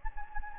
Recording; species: mosquito wingbeat signal from an infrared sensor; Anopheles gambiae